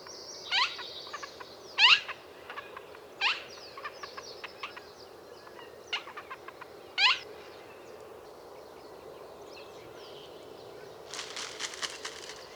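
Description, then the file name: Western marsh harrier calls, loud squealing notes that bend sharply in pitch, given in an irregular series, with softer chirping birds throughout and a brief buzzy burst near the end. "Brun karrhok"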